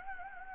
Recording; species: mosquito wingbeat signal from an infrared sensor; Anopheles gambiae